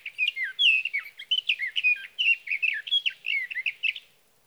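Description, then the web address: Sage thrasher song, an unbroken stream of rapid warbled and slurred notes, varied in pitch and repeated without pauses. "birdsongforthecurious Sage Thrasher"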